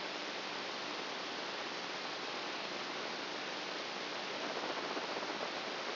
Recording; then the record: brain microelectrode recording played as sound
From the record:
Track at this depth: outside the subthalamic nucleus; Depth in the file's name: 15 mm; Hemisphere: right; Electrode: 2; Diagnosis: Parkinson's disease